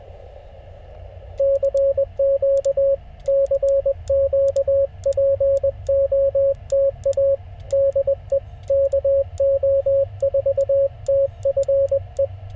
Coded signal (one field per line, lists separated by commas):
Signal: Morse code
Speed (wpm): 20 wpm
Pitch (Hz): 560 Hz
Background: radio noise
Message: CQ CQ POTA DE KO4TFE